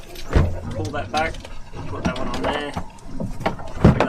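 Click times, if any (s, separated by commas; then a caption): 4.0 s. A scuba diver pulls back the sleeve of the low-pressure inflator hose's quick-disconnect coupling and pushes it onto the metal nipple of the BCD power inflator. Someone talks throughout as the coupling locks on with a small click at 4.0 s.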